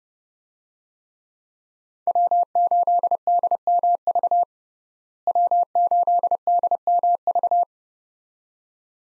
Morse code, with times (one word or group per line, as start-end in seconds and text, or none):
2.1-4.4 W8DMV
5.3-7.6 W8DMV